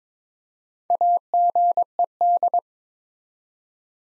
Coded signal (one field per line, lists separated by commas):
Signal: Morse code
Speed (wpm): 22 wpm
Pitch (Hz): 700 Hz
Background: none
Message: AGED